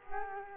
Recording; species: mosquito wingbeat signal from an infrared sensor; Culex quinquefasciatus